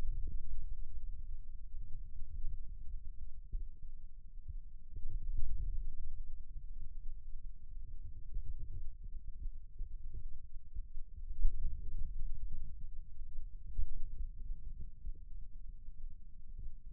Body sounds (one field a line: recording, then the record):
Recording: forearm muscle sounds (acoustic myography)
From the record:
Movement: ulnar deviation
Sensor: system 2, bracelet of six BSWA MPA416 microphones around the upper forearm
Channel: 1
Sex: male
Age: 22 years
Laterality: right